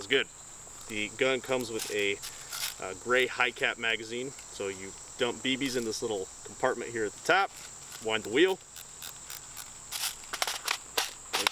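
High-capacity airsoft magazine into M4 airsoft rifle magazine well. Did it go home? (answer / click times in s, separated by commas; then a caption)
yes / 11.5 s. A gray plastic high-capacity airsoft magazine, with BBs dumped into its top compartment and its wheel wound, is pushed into the magazine well of a G&G Combat Machine M4 airsoft rifle. Someone talks over a steady high insect-like hiss, and a few short clicks come near the end. The magazine latches into place with a click at 11.5 s.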